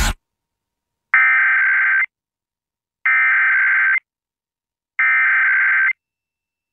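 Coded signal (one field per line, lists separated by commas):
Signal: Emergency Alert System (SAME) tones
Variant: header bursts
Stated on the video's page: Wisconsin Required Monthly Test SAME tones carried by a 101.3 MHz FM station (100 kW), recorded from the station's stream.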